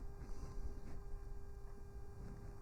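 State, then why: Not seated. A rocker/toggle light switch is handled as it is slid into its mounting hole in the dash panel of a Kubota B7100 tractor. A low rumble and a steady tonal hum sit under faint handling noise throughout. Nothing has seated or clicked yet.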